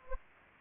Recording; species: mosquito wingbeat signal from an infrared sensor; Anopheles gambiae